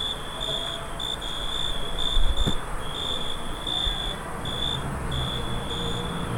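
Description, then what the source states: Cricket chirping, a steady high trill broken into short pulsed bursts throughout, over a constant low rumble of background noise. Crickets in the neighbours' yard, Staré Mesto, Slovakia.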